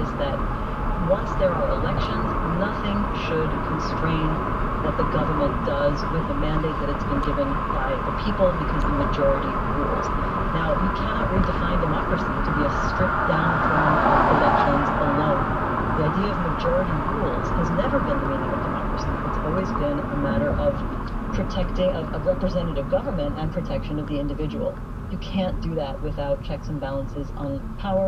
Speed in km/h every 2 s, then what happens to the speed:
52, 55, 58, 58, 56, 55, 52, 50, 50, 47, 39, 29, 19, 18.
0-7 speeds up to 58. 7-28 slows to 18.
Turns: none.